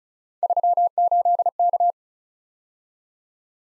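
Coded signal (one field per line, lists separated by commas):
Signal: Morse code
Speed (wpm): 36 wpm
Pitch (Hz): 700 Hz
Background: none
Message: 38K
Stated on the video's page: Three-character letter-number practice drill at 30 wpm, starting fast and slowing to a base speed; the final repeat is sent at maximum speed, 1.5 times the slowest.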